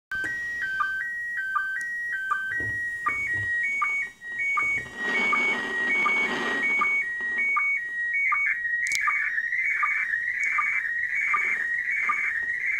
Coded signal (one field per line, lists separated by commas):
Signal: SSTV (slow-scan television)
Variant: PD 180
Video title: Odbiór transmisji SSTV bezpośrednio ze stacji kosmicznej ISS